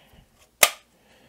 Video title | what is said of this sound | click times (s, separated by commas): Add a DAS to your NAS! USB Direct Attach Storage with ZFS | just pops right in there | 0.6 s